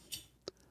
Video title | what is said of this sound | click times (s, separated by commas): Eco Power Rc Car Stand | every 45 degrees you turn it it locks in place | 0.5 s